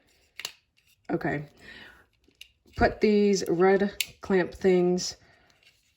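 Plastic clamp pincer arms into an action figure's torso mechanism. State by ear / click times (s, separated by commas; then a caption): not seated / none. Someone talks while handling the red plastic clamp pincer arms of a MOTU Origins Clamp Champ action figure, about to push them back into the figure's torso mechanism until they lock. Brief sharp plastic handling ticks are heard around 0.4 s and 2.4 s. Nothing has seated or clicked into place yet.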